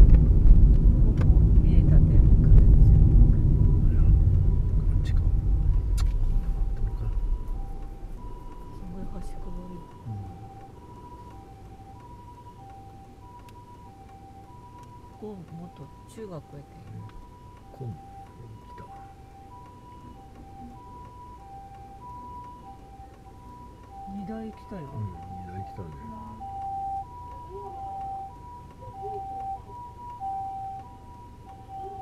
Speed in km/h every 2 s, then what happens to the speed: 27, 19, 13, 0, 0, 0, 0, 0, 0, 0, 0, 0, 0, 0, 0, 0.
0-6 brakes to 0. 6-32 standing.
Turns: none.